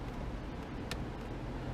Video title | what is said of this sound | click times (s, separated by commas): 1992 Chevy K1500 Steering Column Replacement | get to the top one you just turn the signal downward let it snap | 0.9 s